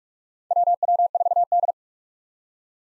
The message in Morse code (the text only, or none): WW4D